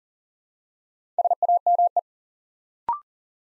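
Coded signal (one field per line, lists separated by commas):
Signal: Morse code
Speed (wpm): 40 wpm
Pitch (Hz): 700 Hz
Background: none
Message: SAME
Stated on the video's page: Morse practice set at 40 wpm, building 4-letter words one letter at a time for instant character recognition.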